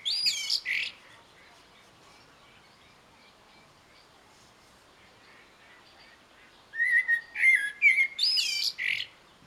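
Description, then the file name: Eurasian blackbird singing: a high, scratchy flourish opens, then a long pause, then a mellow whistled phrase around seven seconds closing in high, scratchy notes. "Turdus merula"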